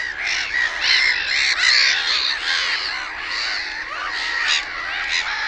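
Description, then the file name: Black-headed gull calls: a dense, overlapping chorus of harsh, squealing cries and short screeches from many birds, continuous throughout with no pauses. "NAURULOKKI"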